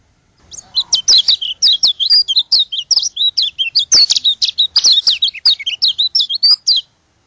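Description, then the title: White-eye song, an energetic unbroken run of high, chattering whistled notes lasting about six seconds before stopping. From Lombok. "Plecir3un. Suara burung pleci lombok"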